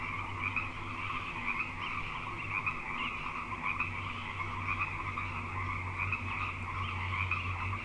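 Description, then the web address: Chorus of frogs, a steady wall of overlapping trilled croaks at two pitch levels, with occasional louder notes poking through and a low hum beneath. Frog chorus at Grafton Lake, recorded 3 May 2009. "The Frog Chorus Tunes Up On Grafton Lake"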